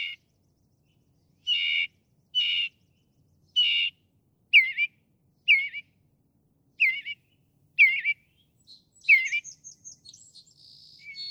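Northern mockingbird song: buzzy harsh notes given a few times, then a run of different hooked notes, switching to high squeaky phrases at the end.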